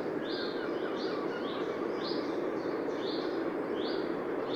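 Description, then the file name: Eurasian wren call: a loose series of high, slightly slurred notes, roughly one or two per second, partly masked by a loud, steady rushing background. "Troglodytes troglodytes"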